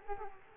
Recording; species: mosquito wingbeat signal from an infrared sensor; Culex quinquefasciatus